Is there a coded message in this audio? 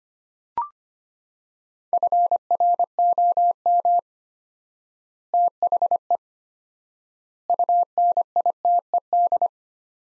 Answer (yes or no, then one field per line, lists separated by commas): yes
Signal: Morse code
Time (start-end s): 1.9-9.5 s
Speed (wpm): 25 wpm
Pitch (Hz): 700 Hz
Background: none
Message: FROM THE UNITED